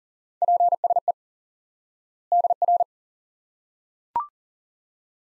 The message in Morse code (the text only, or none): PSE DR